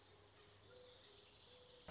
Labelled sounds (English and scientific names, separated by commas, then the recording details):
Mourning Dove (Zenaida macroura)
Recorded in Sonoma County, California